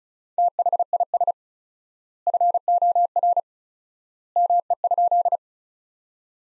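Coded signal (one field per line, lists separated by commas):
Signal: Morse code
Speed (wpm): 36 wpm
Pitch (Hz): 700 Hz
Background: none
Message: THIS FOR ME?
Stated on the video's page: Practice sentences from top 200 words at 35 wpm with 4x word-spacing, a word-based approach analogous to Farnsworth.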